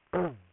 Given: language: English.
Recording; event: throat vibration sensor signal played as sound; throat clearing